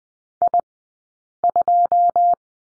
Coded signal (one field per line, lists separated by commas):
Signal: Morse code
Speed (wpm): 20 wpm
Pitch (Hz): 700 Hz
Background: none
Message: I2